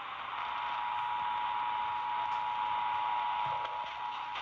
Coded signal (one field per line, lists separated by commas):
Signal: Emergency Alert System (SAME) tones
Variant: 853 and 960 Hz attention tone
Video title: Stop Doing Weeklies WJR!! EAS Tests From June 20-21, 2023